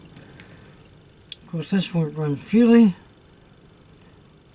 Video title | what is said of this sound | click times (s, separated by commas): R222 Hornby Jouef Eurostar No3211 | two pillars through the casing click in place | 1.3 s